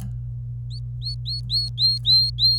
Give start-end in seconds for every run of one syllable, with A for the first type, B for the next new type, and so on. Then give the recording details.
0.70-2.58 A. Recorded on 26 April 2018 at 11:48. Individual llb3